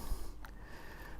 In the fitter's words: all right start your snap ring on there slide it down you want to feel it click and you hear that pop